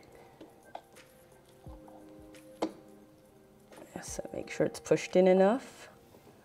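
Inside a Breville/Sage Dual Boiler 920XL espresso machine, after an O-ring is fitted on a tube, the metal retaining clip is handled as it is pushed back toward the tube fitting. Someone talks over soft tonal music while faint handling taps and scrapes are heard, including a sharper tap at 2.6 s. Nothing has seated or clicked yet; the clip is not yet home when the sound ends.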